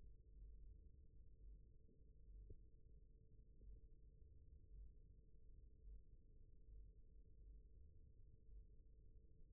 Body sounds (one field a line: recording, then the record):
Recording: forearm muscle sounds (acoustic myography)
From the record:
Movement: rest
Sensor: system 1, eight BSWA MPA416 microphones around the upper forearm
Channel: 4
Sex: male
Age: 28 years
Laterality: right